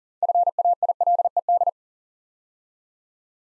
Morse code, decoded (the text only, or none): FAILED